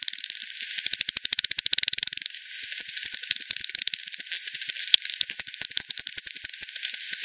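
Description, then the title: Bat echolocation pulses as a rapid ticking rattle, a fast regular run early on, then looser, uneven ticks, steady hiss behind. Multiple bats at Hogsmill River, Hogsmill Lane, 7 October 2020, 18:10 UTC; recorded via frequency division by ten, bandpass filtered, resampled. "WW bat 20201007 T 18 : 10 Z-Hogsmill-Lane-Hogsmill-River-multiple-bats"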